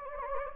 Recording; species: mosquito wingbeat signal from an infrared sensor; Anopheles gambiae